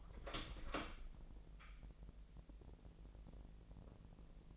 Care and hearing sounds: daily activity, microphone in the room; open door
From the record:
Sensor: 5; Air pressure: 1001.5 hPa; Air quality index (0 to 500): 249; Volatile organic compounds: 34 ppm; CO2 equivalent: 3038 ppm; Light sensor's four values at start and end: 34/80/31/29 and 34/80/31/30

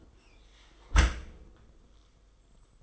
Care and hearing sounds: daily activity, microphone in the room; close dishwasher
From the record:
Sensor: 5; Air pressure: 990.7 hPa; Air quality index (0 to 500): 161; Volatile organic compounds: 265 ppm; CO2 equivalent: 4399 ppm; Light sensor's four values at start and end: 37/112/43/46 and 36/111/43/46

